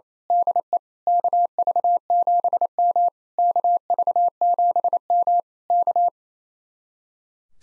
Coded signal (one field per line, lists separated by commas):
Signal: Morse code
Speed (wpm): 26 wpm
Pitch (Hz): 700 Hz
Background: none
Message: DE KV7M KV7M K